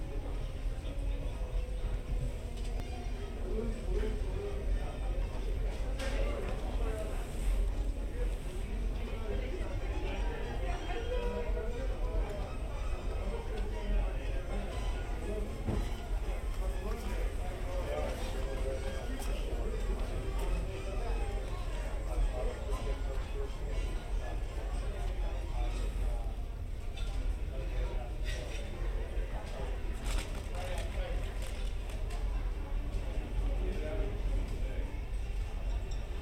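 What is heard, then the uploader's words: Hotel lobby ambience with a steady murmur of many voices talking at once, layered over a constant low rumble. Soft music blends faintly into the chatter, and brief clicks and knocks pop up now and then, notably around seconds 7, 18 and 30. Disneyland Hotel Fantasy Tower Binaural Ambience. The background music and sounds found in the hotel lobby, and surrounding area.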